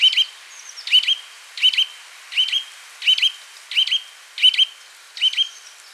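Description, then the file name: Eurasian nuthatch repeating emphatic, piping 'twit' calls at a steady pace of about one every 0.7 seconds, eight notes in all. "Sitta europaea"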